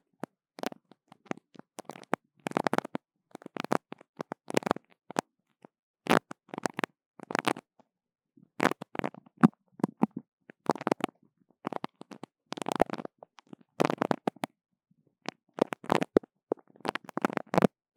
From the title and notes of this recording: 黏答答的聲音 | Sticky Sounds. No Talking.